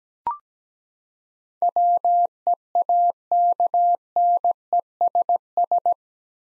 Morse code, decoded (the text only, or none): WEAKNESS